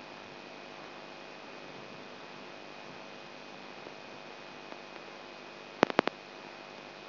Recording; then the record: brain microelectrode recording played as sound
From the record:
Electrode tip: outside the subthalamic nucleus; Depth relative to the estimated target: 4 mm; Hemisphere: right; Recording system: AlphaMap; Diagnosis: Parkinson's disease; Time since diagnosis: 9 years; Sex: male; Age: 58 years